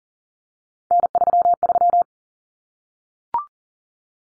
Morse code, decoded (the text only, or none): N33